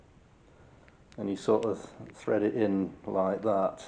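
A nylon locking piece for the boot lid lever mount on a Lotus Excel is threaded into its hole by hand, with a faint tick near 0.9 s before someone talks over the handling. Nothing has seated or clicked yet.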